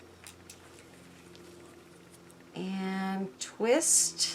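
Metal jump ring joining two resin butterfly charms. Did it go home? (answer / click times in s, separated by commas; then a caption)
no / none. A metal jump ring is threaded through the top of a small resin butterfly charm and the bottom of a big resin butterfly charm, joining the two before it is twisted shut. Faint light ticks of handling come at about 0.3, 0.5 and 1.4 seconds, and then someone talks. The ring has not yet been twisted closed, and nothing has clicked.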